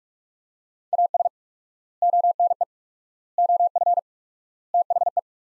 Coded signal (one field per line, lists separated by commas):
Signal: Morse code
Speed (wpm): 43 wpm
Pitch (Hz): 700 Hz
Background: none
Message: AS ONE OF THE